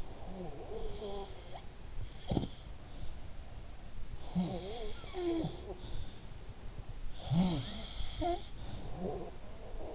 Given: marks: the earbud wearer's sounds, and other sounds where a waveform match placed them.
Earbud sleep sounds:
sounds in sleep by an in-ear microphone; snoring breath
0.00-1.78 s: snoring breath
2.28-3.28 s: sound from someone else or the room
4.11-6.10 s: sound from someone else or the room
7.13-9.41 s: sound from someone else or the room

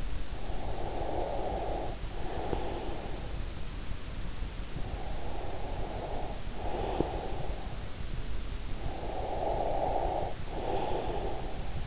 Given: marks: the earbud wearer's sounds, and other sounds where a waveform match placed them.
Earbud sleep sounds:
sounds in sleep by an in-ear microphone; breath
0.00-3.35 s: breath
4.58-7.84 s: breath
8.74-11.87 s: breath

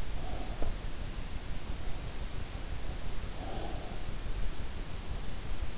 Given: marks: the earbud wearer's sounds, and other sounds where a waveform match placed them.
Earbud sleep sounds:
sounds in sleep by an in-ear microphone; breath
0.00-1.40 s: breath
3.25-4.38 s: breath

